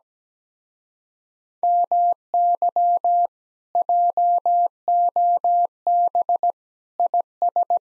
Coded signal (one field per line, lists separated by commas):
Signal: Morse code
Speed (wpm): 17 wpm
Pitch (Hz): 700 Hz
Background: none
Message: MY JOB IS